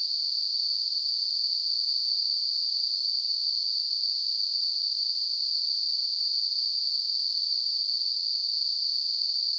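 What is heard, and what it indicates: Simulated tinnitus: a continuous, steady hiss-like high-pitched tone centred near 4–5 kHz, with a faint higher band near 9 kHz, holding the same loudness throughout with no breaks.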